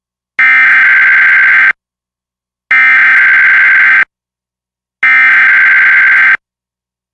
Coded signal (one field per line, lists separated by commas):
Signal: Emergency Alert System (SAME) tones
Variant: header bursts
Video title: EAS #732: EAS Required Monthly Test- Jan. 5, 2023- 10:15AM PST